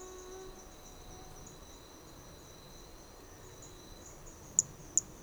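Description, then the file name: Hermogenes' flea-toad: brachycephalus hermogenesi toadlet: a closely spaced pair of very high, short clicks at the very end, beneath a droning insect chorus. Individual number 4 recorded on Trilha do Ipiranga; the first four notes of the call were lost. "MHNCI Brachy hermogenesi Trilha do Ipiranga ind 4 four starting notes lost"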